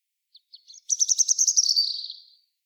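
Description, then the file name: European robin song: a few short ticking notes, then a fast rhythmic high trill that gradually drops and fades. "Erithacus rubecula"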